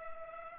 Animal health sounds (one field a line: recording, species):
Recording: mosquito wingbeat signal from an infrared sensor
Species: Culex pipiens